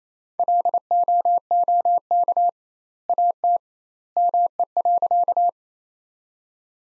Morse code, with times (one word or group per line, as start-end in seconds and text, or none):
0.4-2.5 LOOK
3.1-3.6 AT
4.2-5.5 ME.